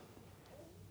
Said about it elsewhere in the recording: That was my stomach. Man. Yeah, rumbly in the tumbly. that's a hamburger I had at the stupid game today.